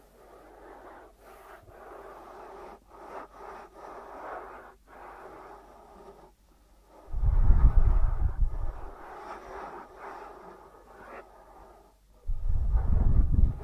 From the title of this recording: ASMR 3D Brain Penetrating Ear Treatment